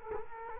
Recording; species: mosquito wingbeat signal from an infrared sensor; Culex quinquefasciatus